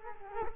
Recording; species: mosquito wingbeat signal from an infrared sensor; Culex quinquefasciatus